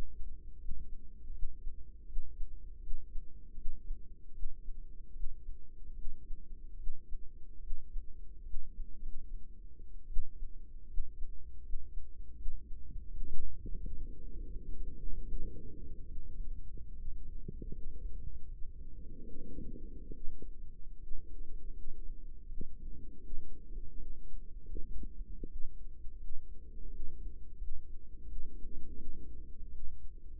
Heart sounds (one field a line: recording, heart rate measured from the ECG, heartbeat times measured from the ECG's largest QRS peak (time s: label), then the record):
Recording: heart sounds by microphone in the right ear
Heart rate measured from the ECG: 78 bpm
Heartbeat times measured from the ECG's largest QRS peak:
0.53 s: heartbeat
1.28 s: heartbeat
2.01 s: heartbeat
2.76 s: heartbeat
3.51 s: heartbeat
4.29 s: heartbeat
5.09 s: heartbeat
5.91 s: heartbeat
6.73 s: heartbeat
7.57 s: heartbeat
8.40 s: heartbeat
8.96 s: heartbeat
10.04 s: heartbeat
10.83 s: heartbeat
11.58 s: heartbeat
12.31 s: heartbeat
13.05 s: heartbeat
13.76 s: heartbeat
14.48 s: heartbeat
15.23 s: heartbeat
16.03 s: heartbeat
16.91 s: heartbeat
17.68 s: heartbeat
18.44 s: heartbeat
19.20 s: heartbeat
20.08 s: heartbeat
20.95 s: heartbeat
21.69 s: heartbeat
22.44 s: heartbeat
23.17 s: heartbeat
23.93 s: heartbeat
24.70 s: heartbeat
25.44 s: heartbeat
26.15 s: heartbeat
26.86 s: heartbeat
27.54 s: heartbeat
28.23 s: heartbeat
28.93 s: heartbeat
29.67 s: heartbeat
From the record:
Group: healthy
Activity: breath hold 0-13 s, rest 13-30 s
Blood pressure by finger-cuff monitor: 111/69 mmHg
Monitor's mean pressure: 79 mmHg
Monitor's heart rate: 79 bpm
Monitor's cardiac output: 6.3 L/min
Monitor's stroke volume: 80 mL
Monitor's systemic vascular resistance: 860 dyn s/cm5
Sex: female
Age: 22 years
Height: 171 cm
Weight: 65.6 kg